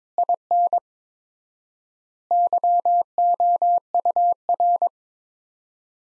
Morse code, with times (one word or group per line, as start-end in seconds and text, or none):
0.2-0.8 IN
2.3-4.9 YOUR